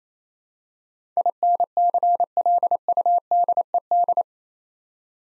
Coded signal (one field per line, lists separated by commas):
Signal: Morse code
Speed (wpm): 27 wpm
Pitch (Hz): 700 Hz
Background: none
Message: INCLUDED